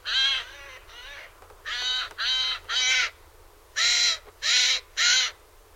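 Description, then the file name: Eurasian jay uttering several hoarse, grating screeches in groups, each call broad and noisy, separated by brief pauses. "Garrulus glandarius"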